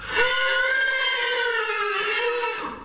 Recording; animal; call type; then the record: contact call of a hoofed animal; horse; whinny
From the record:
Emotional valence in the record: negative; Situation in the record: group separation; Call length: 2.9 s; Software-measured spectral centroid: 2370 Hz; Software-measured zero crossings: 3400 a second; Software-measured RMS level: -24 dBFS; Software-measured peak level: -9 dBFS